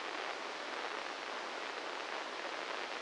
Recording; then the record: brain microelectrode recording played as sound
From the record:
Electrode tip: inside the subthalamic nucleus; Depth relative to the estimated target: -1 mm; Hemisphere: right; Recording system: NeuroSet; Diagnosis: Parkinson's disease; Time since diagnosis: 8 years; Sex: male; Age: 58 years